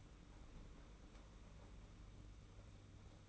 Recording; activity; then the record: daily activity, microphone in the room; open fridge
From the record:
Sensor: 1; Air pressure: 991.8 hPa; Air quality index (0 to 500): 205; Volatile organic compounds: 1000 ppm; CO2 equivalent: 7932 ppm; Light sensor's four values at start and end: 28/100/38/39 and 28/100/38/39